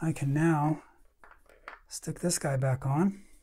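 After the clutch wheel area of a vintage Singer 401A sewing machine has been cleaned and lubricated, a small metal part of the clutch wheel assembly is handled to push it back onto the mechanism. Someone talks, with a few faint handling sounds around 1.2 to 1.7 seconds. The clip ends before the part goes home, so nothing has seated or clicked yet.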